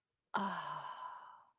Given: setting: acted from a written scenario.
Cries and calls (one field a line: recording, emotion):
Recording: vocal sound without words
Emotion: serenity